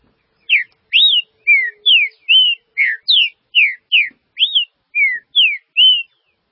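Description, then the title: Green-winged saltator song: a steady run of about thirteen rich whistled notes, falling and arched slurs alternating, a little over two notes per second. "Trinca Ferro"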